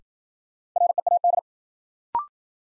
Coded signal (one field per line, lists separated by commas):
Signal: Morse code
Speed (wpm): 53 wpm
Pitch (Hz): 700 Hz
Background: none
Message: READ